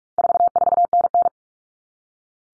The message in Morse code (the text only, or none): 44NN